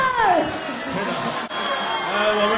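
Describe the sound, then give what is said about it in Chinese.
An audience on the stage show 北京欢乐时光 2018 cheers, claps and eggs on the performers in a loud, steady wash of sound. Whoops and shouting voices ride over dense applause with a brief dip midway. “别鼓掌。 哇，起哄呢！”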